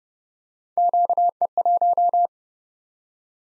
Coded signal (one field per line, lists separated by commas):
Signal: Morse code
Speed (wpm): 30 wpm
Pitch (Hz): 700 Hz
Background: none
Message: QE1